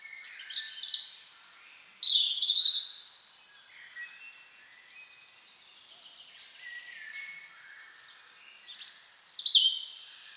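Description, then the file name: European robin warbling high, tinkling notes at the start, then a long quiet stretch before another bright, rising phrase. "Erithacus rubecula"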